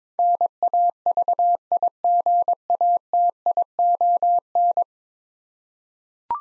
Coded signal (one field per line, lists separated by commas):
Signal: Morse code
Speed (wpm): 22 wpm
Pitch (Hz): 700 Hz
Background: none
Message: NAVIGATION